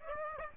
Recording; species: mosquito wingbeat signal from an infrared sensor; Aedes aegypti